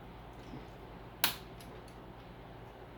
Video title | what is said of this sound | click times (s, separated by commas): LED Gaming Computer Build with Youth Part 5 | we wait for the click. | 1.2 s